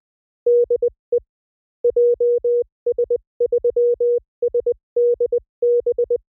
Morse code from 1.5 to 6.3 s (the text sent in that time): JS3SDB